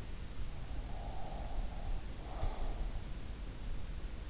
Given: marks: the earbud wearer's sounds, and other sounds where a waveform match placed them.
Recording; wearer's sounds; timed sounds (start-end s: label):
sounds in sleep by an in-ear microphone; breath
0.52-3.24 s: breath